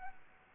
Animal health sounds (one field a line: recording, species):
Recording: mosquito wingbeat signal from an infrared sensor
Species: Aedes albopictus